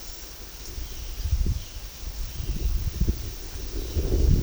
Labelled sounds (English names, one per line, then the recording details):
Violaceous Jay
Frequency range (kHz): Violaceous Jay 1.9-4.2 kHz
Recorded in secondary vegetation near Puerto Asís, Putumayo, Colombia, on 21 February 2024 at 13:00
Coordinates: 0.500, -76.326
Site G6428